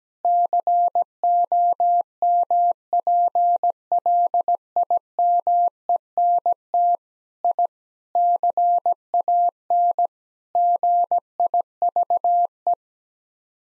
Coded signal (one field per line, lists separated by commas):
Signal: Morse code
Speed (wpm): 17 wpm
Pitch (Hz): 700 Hz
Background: none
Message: COMPLIMENT I CAN GIVE